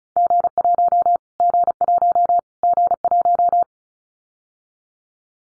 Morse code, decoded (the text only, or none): G1 G1 G1